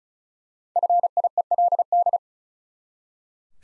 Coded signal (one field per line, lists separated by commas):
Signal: Morse code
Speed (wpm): 34 wpm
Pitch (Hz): 700 Hz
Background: none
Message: FIELD